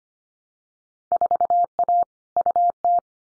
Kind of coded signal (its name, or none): Morse code